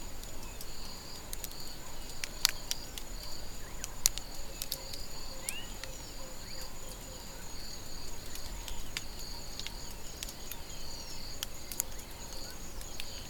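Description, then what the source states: Caterpillars chewing, heard as crisp clicks at uneven intervals, a few louder snaps, with rhythmic high insect buzzing and a faint lower insect drone behind. Several caterpillars eating marula.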